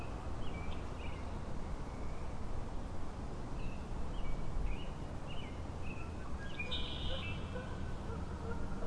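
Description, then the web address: Frogs giving short chirps in irregular succession, one brief buzzy burst, against continuous hiss and low rumbling. Frog chorus recorded at Grafton Lake on 3 May 2009. "The Frog Chorus Tunes Up On Grafton Lake"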